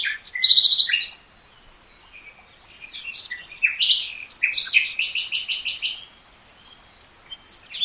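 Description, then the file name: Common nightingale singing a loud buzzy phrase, then assorted chirps leading into a rapid repeated trill, ending in softer notes. "Luscinia megarhynchos"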